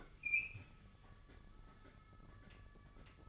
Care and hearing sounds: daily activity, microphone in the room; open fridge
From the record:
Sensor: 4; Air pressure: 1008.6 hPa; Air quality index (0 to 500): 76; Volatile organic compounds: 1 ppm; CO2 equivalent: 635 ppm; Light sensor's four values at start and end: 16/38/16/16 and 14/32/13/14

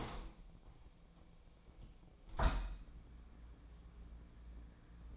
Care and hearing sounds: daily activity, microphone in the room; open window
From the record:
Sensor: 1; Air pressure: 1012.4 hPa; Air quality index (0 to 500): 168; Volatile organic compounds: 3 ppm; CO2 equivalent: 1377 ppm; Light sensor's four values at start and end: 240/552/244/269 and 230/527/233/258

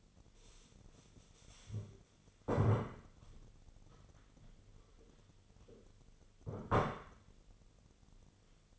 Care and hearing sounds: daily activity, microphone in the room; stand up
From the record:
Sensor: 4

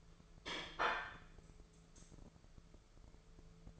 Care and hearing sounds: daily activity, microphone in the room; place plate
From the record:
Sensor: 5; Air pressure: 1015.1 hPa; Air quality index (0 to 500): 205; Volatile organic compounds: 10 ppm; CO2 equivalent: 2248 ppm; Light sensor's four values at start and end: 54/127/52/54 and 53/126/51/53

